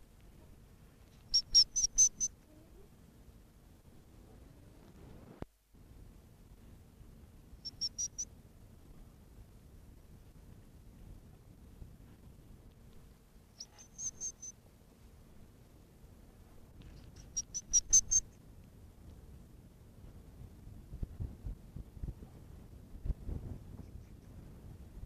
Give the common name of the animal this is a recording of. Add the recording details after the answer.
West European Hedgehog. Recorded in captivity. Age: juvenile. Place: Sachsen, DE. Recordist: Meyer, Hugo